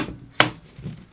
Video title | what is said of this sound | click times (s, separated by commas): Festool Domino, Mafell Doweller or Lamello Zeta? [video #360] | locks in place just as it was before | 0.4 s